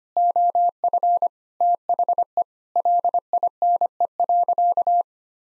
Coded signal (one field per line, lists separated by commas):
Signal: Morse code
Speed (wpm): 25 wpm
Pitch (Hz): 700 Hz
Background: none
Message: OF THE LINE.